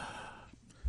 Sneezing right into her elbow.